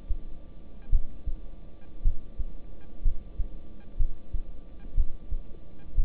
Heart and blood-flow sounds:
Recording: heart sounds by stethoscope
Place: between the tricuspid and mitral areas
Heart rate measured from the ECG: 59 bpm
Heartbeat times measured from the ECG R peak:
0.90 s: heartbeat
2.03 s: heartbeat
3.03 s: heartbeat
3.97 s: heartbeat
4.95 s: heartbeat
5.95 s: heartbeat
From the record:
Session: rest, lying down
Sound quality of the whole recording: good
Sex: male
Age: 26 years

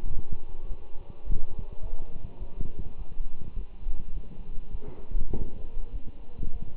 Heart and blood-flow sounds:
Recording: heart sounds by stethoscope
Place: between the tricuspid and mitral areas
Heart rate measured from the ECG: 103 bpm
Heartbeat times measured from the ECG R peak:
0.09 s: heartbeat
0.68 s: heartbeat
1.26 s: heartbeat
1.82 s: heartbeat
2.39 s: heartbeat
2.97 s: heartbeat
3.55 s: heartbeat
4.13 s: heartbeat
4.72 s: heartbeat
5.32 s: heartbeat
5.92 s: heartbeat
6.53 s: heartbeat
From the record:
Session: walking at 3.7 km/h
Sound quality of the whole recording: good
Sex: male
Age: 24 years

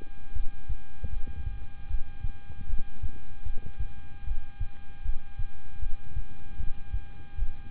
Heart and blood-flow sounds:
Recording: heart sounds by stethoscope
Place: between the tricuspid and mitral areas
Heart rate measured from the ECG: 77 bpm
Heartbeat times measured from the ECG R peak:
0.33 s: heartbeat
1.10 s: heartbeat
1.88 s: heartbeat
2.67 s: heartbeat
3.43 s: heartbeat
4.24 s: heartbeat
5.02 s: heartbeat
5.79 s: heartbeat
6.57 s: heartbeat
7.35 s: heartbeat
From the record:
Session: rest, lying down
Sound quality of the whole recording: good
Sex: male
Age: 26 years

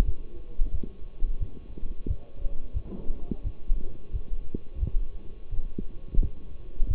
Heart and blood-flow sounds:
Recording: heart sounds by stethoscope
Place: between the tricuspid and mitral areas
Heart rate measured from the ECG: 88 bpm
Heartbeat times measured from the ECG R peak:
0.05 s: heartbeat
0.71 s: heartbeat
1.39 s: heartbeat
2.07 s: heartbeat
2.73 s: heartbeat
3.43 s: heartbeat
4.12 s: heartbeat
4.80 s: heartbeat
5.50 s: heartbeat
6.20 s: heartbeat
6.88 s: heartbeat
From the record:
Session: walking at 3.7 km/h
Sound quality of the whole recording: partially saturated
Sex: male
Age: 24 years

